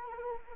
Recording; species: mosquito wingbeat signal from an infrared sensor; Anopheles arabiensis